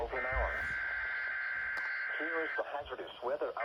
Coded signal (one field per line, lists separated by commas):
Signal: Emergency Alert System (SAME) tones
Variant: header bursts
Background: speech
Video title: BEFORE THE OUTBREAK...| EAS #149-151| Required Weekly Test| KXI76, WXJ31